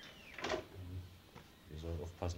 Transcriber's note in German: legt auf